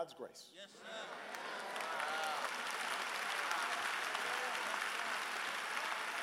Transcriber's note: applause